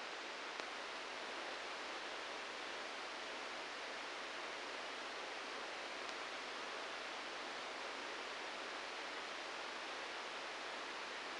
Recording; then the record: brain microelectrode recording played as sound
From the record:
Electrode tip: outside the subthalamic nucleus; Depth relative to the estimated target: 6 mm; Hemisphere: right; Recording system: NeuroSet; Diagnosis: Parkinson's disease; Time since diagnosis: 9 years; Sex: male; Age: 56 years